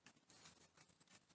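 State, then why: Not seated. A plastic accessory piece is pressed onto the sabertooth zord body of a transforming toy robot, but the parts have no real pegs and it does not click on. Only faint tapping and light rustling are heard, with small bursts near 0.1 s and 0.3 s. Nothing has seated or clicked.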